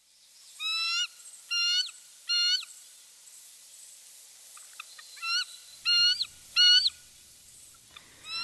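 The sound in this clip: Bald eagle peal call: high, thin chittering notes in short bursts, two clusters of three or four bursts separated by a pause, over quiet background.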